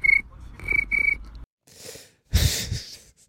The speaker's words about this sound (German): Es wäre jetzt cool, wenn ich schnell dieses Chip-Geräusch auf dem Soundboard finden würde.